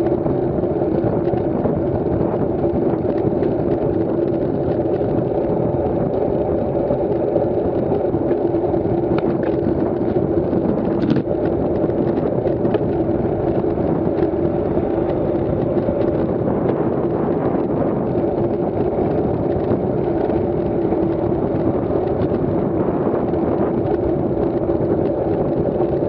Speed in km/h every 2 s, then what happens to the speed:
38, 38, 41, 38, 40, 37, 40, 41, 37, 42, 39, 35, 35.
0-19 steady at about 38. 19-26 slows to 35.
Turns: none.